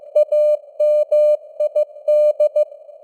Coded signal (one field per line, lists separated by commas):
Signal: Morse code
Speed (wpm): 15 wpm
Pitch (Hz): 600 Hz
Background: none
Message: AMID